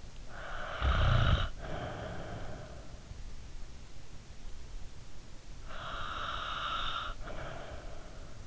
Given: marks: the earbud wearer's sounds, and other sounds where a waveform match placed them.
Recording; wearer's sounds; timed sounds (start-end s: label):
sounds in sleep by an in-ear microphone; snoring breath, breath
0.30-2.92 s: snoring breath
5.66-8.47 s: breath